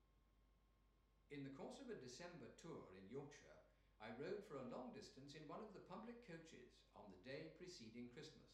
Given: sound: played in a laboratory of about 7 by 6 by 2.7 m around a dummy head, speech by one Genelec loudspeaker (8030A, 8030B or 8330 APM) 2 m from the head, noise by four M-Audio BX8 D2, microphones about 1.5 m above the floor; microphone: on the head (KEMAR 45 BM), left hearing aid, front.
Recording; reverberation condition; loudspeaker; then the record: male speech in English; medium; in front (0 degrees)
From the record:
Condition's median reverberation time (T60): about 510 ms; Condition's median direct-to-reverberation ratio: about -0.5 dB